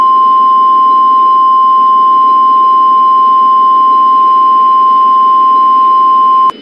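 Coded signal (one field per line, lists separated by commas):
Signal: Emergency Alert System (SAME) tones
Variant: 1050 Hz attention tone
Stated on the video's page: A GoAnimate recreation of an EAS severe thunderstorm warning, not a real alert.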